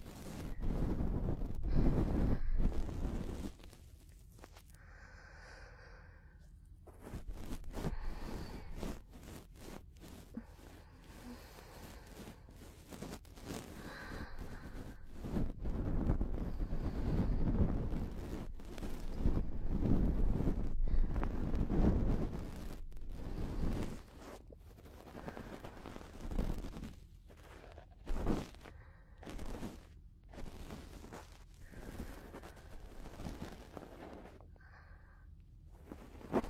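Close-up ear cleaning with dense scratching and rubbing, frequent sharp clicks and crackles, brief quieter pauses near 5 and 36 seconds.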